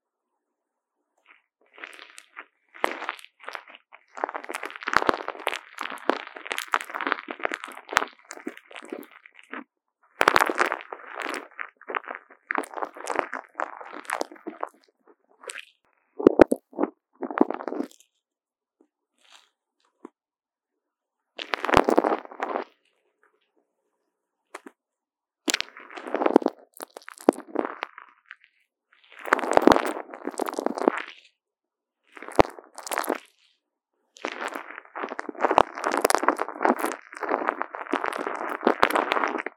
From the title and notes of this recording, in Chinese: ASMR 各種玩弄線麥-跳跳糖 | Lo-fi Earphone Mic | Lo-fi | No Talking。